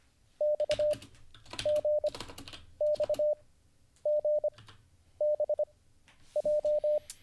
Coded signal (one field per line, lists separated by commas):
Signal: Morse code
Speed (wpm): 25 wpm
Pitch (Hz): 600 Hz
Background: none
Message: XGXGBJ